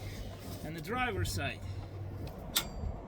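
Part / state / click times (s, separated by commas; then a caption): torque wrench on engine pulley bolt / torque reached / 2.6 s. On a 2021 Freightliner Cascadia during AC compressor work, a torque wrench set to 44 foot-pounds tightens an engine pulley bolt on the driver side while someone talks. A single sharp wrench click is heard at 2.6 seconds, confirming the bolt has reached its torque setting.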